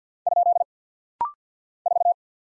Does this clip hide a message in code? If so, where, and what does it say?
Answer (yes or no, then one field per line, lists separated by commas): yes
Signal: Morse code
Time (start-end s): 0.3-2.1 s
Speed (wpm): 50 wpm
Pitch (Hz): 700 Hz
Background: none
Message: ? 4